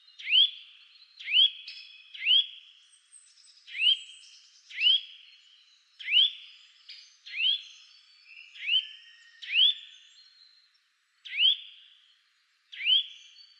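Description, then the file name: Eurasian nuthatch calling, a series of sharp rising whistled notes that level off, repeated about once a second with brief gaps, against a silent background. "Sitta europaea"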